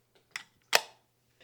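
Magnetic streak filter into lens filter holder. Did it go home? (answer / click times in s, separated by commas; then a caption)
yes / 0.8 s. A golden streak filter, glass in a metal ring with small teeth around it, is dropped into a magnetic filter holder on a camera lens, and the magnets pull it into place. A lighter tap comes at 0.4 s, then a sharp metallic snap at 0.8 s as the filter seats. A faint rustle follows near the end.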